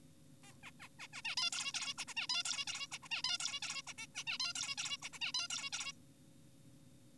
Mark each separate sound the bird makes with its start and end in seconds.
0.44-0.52, 0.63-0.71, 0.80-0.88, 1.00-1.08, 1.13-1.22, 1.25-1.36, 1.38-1.51, 1.52-1.72, 1.74-1.94, 1.98-2.05, 2.08-2.14, 2.17-2.27, 2.30-2.43, 2.45-2.65, 2.68-2.87, 2.92-2.98, 3.03-3.08, 3.11-3.22, 3.24-3.38, 3.40-3.60, 3.62-3.82, 3.87-3.93, 3.98-4.06, 4.15-4.24, 4.27-4.38, 4.40-4.53, 4.56-4.76, 4.78-4.97, 5.02-5.09, 5.13-5.19, 5.22-5.32, 5.34-5.48, 5.50-5.70, 5.73-5.92